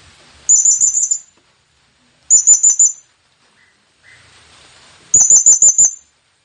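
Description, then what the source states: Blue-crowned hanging parrot uttering three runs of rapid, shrill, high squeaks, a few seconds apart. Presented as an effective lure call for attracting the bird; local name serindit.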